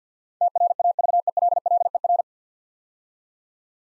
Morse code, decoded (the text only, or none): TRAVELLER